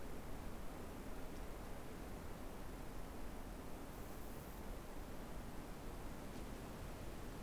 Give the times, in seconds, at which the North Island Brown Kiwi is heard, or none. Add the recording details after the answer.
none. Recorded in New Zealand on 6 February 2013. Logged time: 23:58. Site DQ55